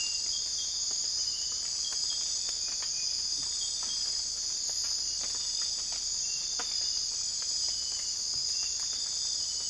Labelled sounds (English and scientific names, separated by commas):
none